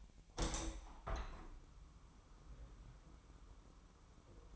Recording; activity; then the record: daily activity, microphone in the room; open window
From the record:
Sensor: 1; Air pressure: 1000.2 hPa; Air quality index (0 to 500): 246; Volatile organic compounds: 136 ppm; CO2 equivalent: 3956 ppm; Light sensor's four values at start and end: 10/25/10/11 and 11/27/11/12